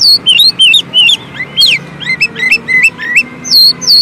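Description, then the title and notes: Oriental magpie-robin song of short, crisp whistled phrases, each a quick up-and-down slur, repeated several times a second over a soft background hiss. Long-duration 'isian' (training) song meant to make magpie-robins sing vigorously ('gacor') day and night. "Kacer Jadi Gacor Siang Malam. Isian Kacer Durasi Panjang"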